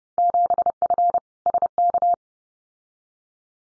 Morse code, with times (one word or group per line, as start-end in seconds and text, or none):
0.2-1.2 7F
1.5-2.1 SK